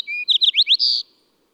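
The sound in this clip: Bird song: a brief phrase opening with a steady whistle, then four quick slurred notes and a sustained finish.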